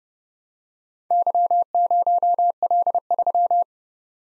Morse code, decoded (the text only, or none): Y0L3